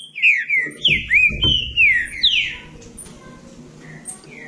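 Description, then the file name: Green-winged saltator: whistled bird song, a fast string of rich slurred notes for a few seconds, then quieter faint notes, with a couple of low thumps. "canto do trinca ferro"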